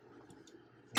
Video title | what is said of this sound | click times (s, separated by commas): CCR5 Project: Part 1 | Turn it till it clicks. | 0.3 s, 0.5 s